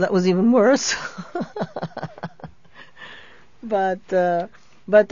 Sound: she laughs

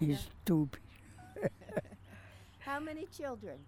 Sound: both laugh

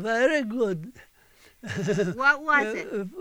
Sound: he laughs

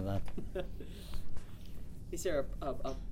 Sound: chuckles

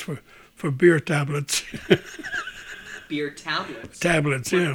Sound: he laughs

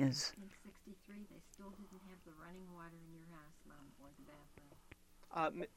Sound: voice off mike

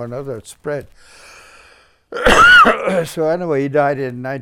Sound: he coughs

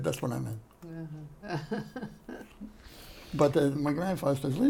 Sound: laughs

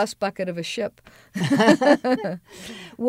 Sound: both laugh

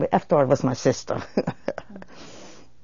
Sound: she laughs

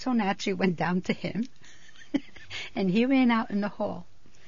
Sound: she laughs

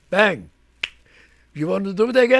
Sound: he makes a slapping sound

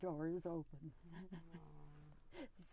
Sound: chuckles

